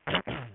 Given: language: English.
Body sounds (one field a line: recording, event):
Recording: throat vibration sensor signal played as sound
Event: throat clearing